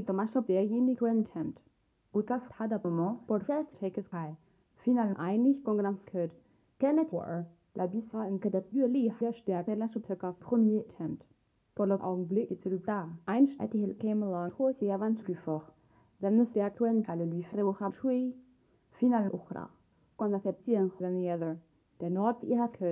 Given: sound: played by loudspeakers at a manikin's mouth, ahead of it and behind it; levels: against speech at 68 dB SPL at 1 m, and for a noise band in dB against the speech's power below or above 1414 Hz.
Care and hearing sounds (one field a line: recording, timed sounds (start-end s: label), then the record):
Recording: test signals for a remote microphone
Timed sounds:
0.00-22.92 s: speech test signal (ISTS)
From the record:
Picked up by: measurement microphone